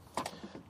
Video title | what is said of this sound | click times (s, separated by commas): ExactApply Basics with Nozzles | and turn it till it clicks. One click and it's tight. | 0.2 s